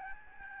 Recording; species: mosquito wingbeat signal from an infrared sensor; Aedes albopictus